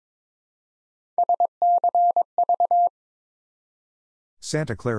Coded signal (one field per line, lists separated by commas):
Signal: Morse code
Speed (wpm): 22 wpm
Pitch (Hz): 700 Hz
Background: none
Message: SCV